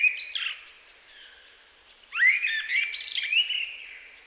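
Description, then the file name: Common blackbird song: a brief fluted phrase, then after a pause a longer mellow whistled phrase that breaks into squeaky, twittering high notes. "Turdus merula"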